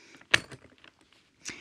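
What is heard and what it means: A zip catch is released from the TSA combination lock on an American Tourister Soundbox suitcase so the combination can be changed. One sharp click is heard at 0.3 s as the catch lets go, followed by faint small rattles and a softer rustling sound near the end. The catch is released.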